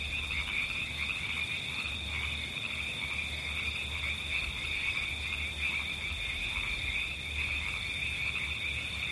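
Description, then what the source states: Faint pulsing frog croaks repeat steadily through a loud, even wash of white noise and low background hum. River frogs.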